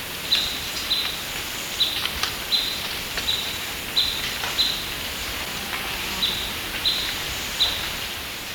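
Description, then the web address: Blackish pewee with a series of short, high, clipped pip calls at slightly uneven intervals, over steady insect buzzing. Recorded in Ecuador. "S America Birds of Ecuador. Blackish Pewee"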